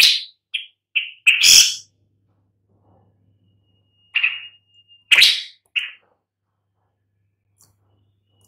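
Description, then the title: Long-tailed shrike uttering short clipped notes and harsh rasps in irregular clusters with long silent gaps between them. "Lanius Schach Sun"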